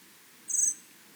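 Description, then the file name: Common blackbird uttering a single short, high, thin seee note against a quiet hissing background. "Turdus merula"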